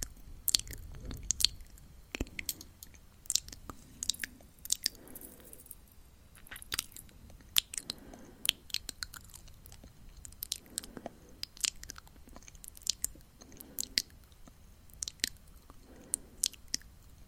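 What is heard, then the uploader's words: Breathy mouth sounds: wet clicks and smacks pop out sharply and irregularly, a few every second, bright and crisp, with soft chewing-like squelches among them. Gentle breath swells rise and fade underneath every few seconds, and a low rumble sits in the first two seconds. ASMR mouth sounds breathy mouth sounds.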